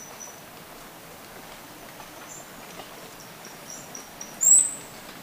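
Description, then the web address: Orange-breasted Fruiteater making a single short, very high-pitched thin whistle that climbs slightly, near the end, after faint scattered high tones and steady background hiss. Recorded in Ecuador. "Birds of Ecuador. Orange-breasted Fruiteater"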